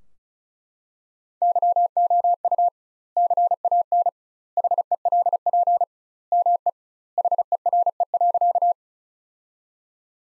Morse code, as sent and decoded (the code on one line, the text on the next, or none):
-.-- --- ..- / -.-. .- -. / .... . .-.. .--. / -- . / .... . .-. . .-.-.-
YOU CAN HELP ME HERE.